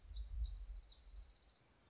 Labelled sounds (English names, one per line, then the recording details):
Black-throated Gray Warbler
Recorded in Sonoma County, California